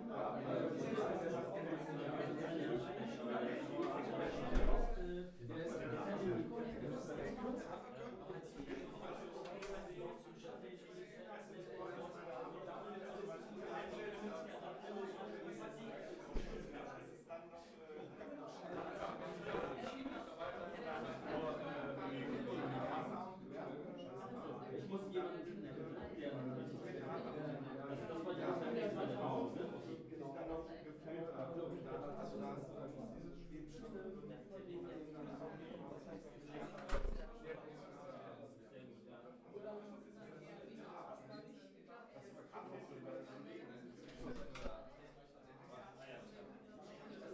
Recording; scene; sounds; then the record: everyday scene through a hearing-aid microphone; many people talking; many voices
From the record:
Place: bistro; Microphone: behind the ear, right, rear